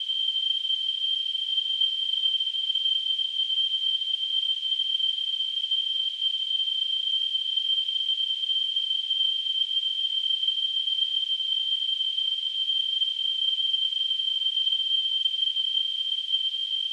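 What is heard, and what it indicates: A steady, unbroken high-pitched whistle near 3 kHz, with a faint hiss around it, holds at constant loudness for about 17 seconds. This is a simulation of tonal tinnitus, the continuous ringing or whistling a person hears without any outside sound source.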